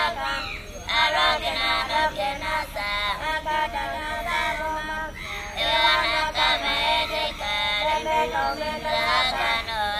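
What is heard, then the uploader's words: At the pagoda, several voices chant or sing together in a steady, wavering melody, continuous for the whole ten seconds. Brief pauses near the start and around the halfway mark break the line before the voices swell again over a low crowd murmur. Shwedagon Pagoda - Yangoon - timelapse from 4 am to 8am.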